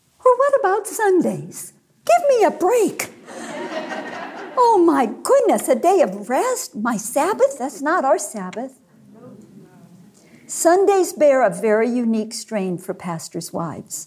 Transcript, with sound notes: Well, what about Sundays!? Give me a break! (laughter) Oh, my goodness! A day of rest? My Sabbath? That’s not our Sabbath! Sundays bear a very unique strain for pastors’ wives.